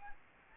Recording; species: mosquito wingbeat signal from an infrared sensor; Anopheles gambiae